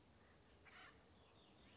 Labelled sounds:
Acorn Woodpecker (Melanerpes formicivorus)
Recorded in Sonoma County, California

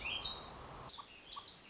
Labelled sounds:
Warbling Vireo (Vireo gilvus)
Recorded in Sonoma County, California

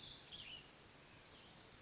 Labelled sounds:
Cassin's Vireo (Vireo cassinii)
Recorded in Sonoma County, California

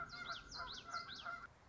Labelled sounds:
Common Yellowthroat (Geothlypis trichas)
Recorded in Sonoma County, California

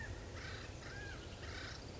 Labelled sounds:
Acorn Woodpecker (Melanerpes formicivorus)
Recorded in Sonoma County, California

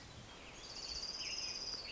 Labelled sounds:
Orange-crowned Warbler (Leiothlypis celata)
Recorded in Sonoma County, California

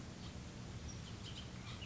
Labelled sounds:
Bullock's Oriole (Icterus bullockii)
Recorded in Sonoma County, California

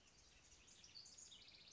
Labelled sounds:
House Wren (Troglodytes aedon)
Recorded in Sonoma County, California

